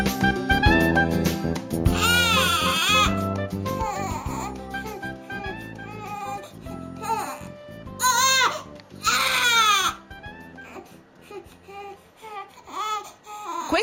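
Repeated high-pitched infant wails in bursts with pauses; an ordinary baby cry, an infant's main way of communicating needs.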